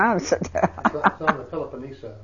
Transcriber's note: she laughs